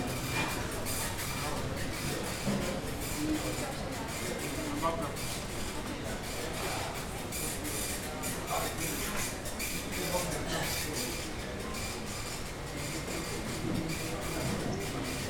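Airport boarding area ambience, a steady, dense wash of indoor noise with murmuring voices throughout. A low rumble sits underneath, with brief brighter clatters and knocks scattered every second or two, and the overall level stays even for the whole stretch.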